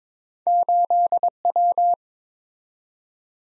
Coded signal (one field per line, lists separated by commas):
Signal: Morse code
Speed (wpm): 22 wpm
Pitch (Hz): 700 Hz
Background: none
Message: 8W